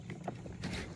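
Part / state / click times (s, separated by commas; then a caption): prop indexer lock on a kayak pedal drive / seated / 0.1 s, 0.3 s. The prop indexer on the pedal drive of a CAJO Outpost 128 PDL Pro kayak is turned over and locked in, so the prop lines up to come up and out of its hole. Its small plastic/metal latch clicks at 0.1 s and again at 0.3 s, followed by a broader burst of noise around 0.6 s. The indexer is confirmed locked in.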